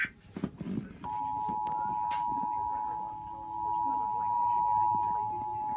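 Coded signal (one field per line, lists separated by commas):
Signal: Emergency Alert System (SAME) tones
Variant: 853 and 960 Hz attention tone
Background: speech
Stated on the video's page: Severe thunderstorm warning for Indiana relayed on TV.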